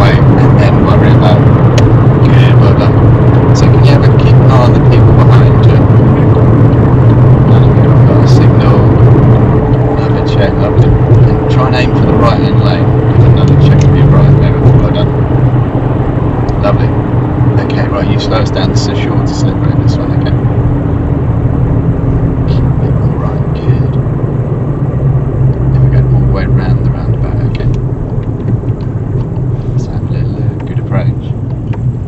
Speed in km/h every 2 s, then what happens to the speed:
85, 87, 87, 87, 85, 87, 85, 84, 82, 79, 72, 64, 55, 45, 34, 15.
0-11 steady at about 87. 11-30 brakes to 15.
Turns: none.